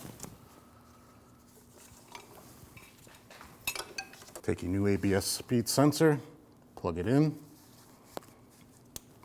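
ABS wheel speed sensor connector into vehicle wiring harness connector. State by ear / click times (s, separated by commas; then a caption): seated / 9.0 s. A new front ABS wheel speed sensor's plastic electrical connector on a 2012-2016 Honda CR-V is pushed into its mating wiring harness connector and latches with a sharp click at 9.0 s. Light handling taps come before it, and someone talks in the middle of the clip.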